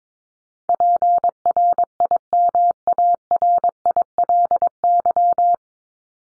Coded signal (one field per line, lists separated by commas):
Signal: Morse code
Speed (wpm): 22 wpm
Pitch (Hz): 700 Hz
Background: none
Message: PRIMARILY